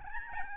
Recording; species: mosquito wingbeat signal from an infrared sensor; Aedes albopictus